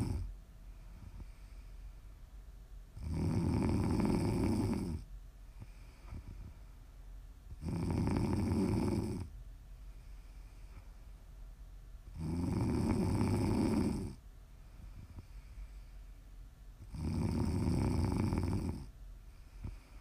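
Prime ASMR snoring from a sleeping adult: loud, low-pitched snores of about two seconds each, repeating roughly every four to five seconds (about 13 per minute), with quiet breathing between them.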